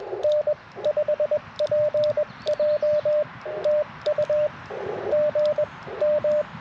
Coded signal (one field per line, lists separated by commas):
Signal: Morse code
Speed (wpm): 21 wpm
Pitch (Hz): 600 Hz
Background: radio noise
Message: N5PJ TU GM